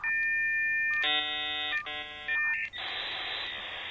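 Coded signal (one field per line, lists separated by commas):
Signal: dial-up modem handshake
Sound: steady two-note tone, buzzy chord of many tones, brief beep, then loud wide hiss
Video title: 💥🔊📲Dial Up Modem (Sound Effect)🔌💻🎧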